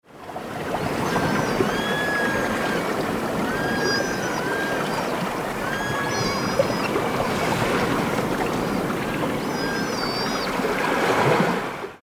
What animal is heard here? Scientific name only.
Enhydra lutris